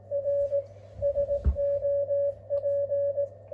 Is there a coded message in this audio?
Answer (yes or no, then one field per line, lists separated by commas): yes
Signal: Morse code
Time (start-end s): 0.1-3.2 s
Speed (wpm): 17 wpm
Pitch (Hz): 560 Hz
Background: none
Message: R SOP